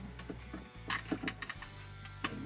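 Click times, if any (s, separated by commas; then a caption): 2.2 s. On a 2016 RAM 1500 Classic, the radio's main wiring harness connector is plugged into the back of the head unit and its swing-arm lever is closed until it locks in place, like the connector on the BCM, then given a tug to check it holds. Several small plastic clicks sound at about 0.2, 1.3, 1.4, 1.5 and 1.6 seconds over a steady low hum. The loudest and last click, at 2.3 seconds, marks the connector seating and locking home.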